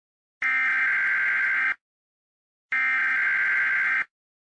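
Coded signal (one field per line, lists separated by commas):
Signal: Emergency Alert System (SAME) tones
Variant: header bursts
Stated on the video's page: Emergency alert from a Roblox game.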